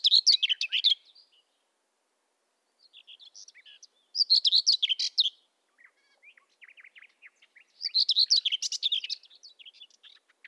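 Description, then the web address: Common whitethroat singing brief, rapid, scratchy warbled phrases roughly every four seconds, with quieter chattering notes filling some of the gaps. "birdify Sylvia communis"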